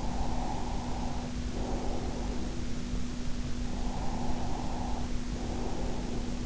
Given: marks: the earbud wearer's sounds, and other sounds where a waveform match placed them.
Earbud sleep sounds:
sounds in sleep by an in-ear microphone; breath
0.07-2.87 s: breath
3.44-6.46 s: breath

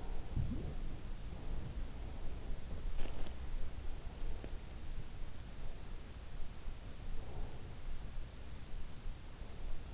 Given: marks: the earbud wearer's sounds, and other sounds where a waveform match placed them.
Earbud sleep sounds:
sounds in sleep by an in-ear microphone; breath
0.00-0.28 s: breath
0.28-4.51 s: sound from someone else or the room
7.00-7.81 s: breath

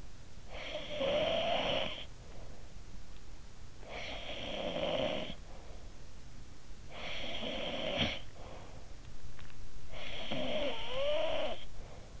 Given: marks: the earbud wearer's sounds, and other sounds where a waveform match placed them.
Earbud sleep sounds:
sounds in sleep by an in-ear microphone; snoring breath
0.00-2.74 s: snoring breath
3.17-5.80 s: snoring breath
6.60-9.14 s: snoring breath
9.63-12.20 s: snoring breath

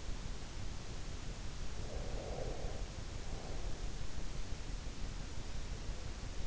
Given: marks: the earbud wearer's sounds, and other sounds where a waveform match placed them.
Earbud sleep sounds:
sounds in sleep by an in-ear microphone; breath
1.61-4.15 s: breath

